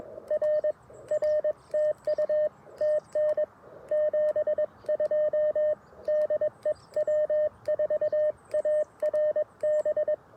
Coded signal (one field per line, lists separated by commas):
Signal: Morse code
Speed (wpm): 22 wpm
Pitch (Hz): 610 Hz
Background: radio noise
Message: R R TU TN 72 DE W4ARB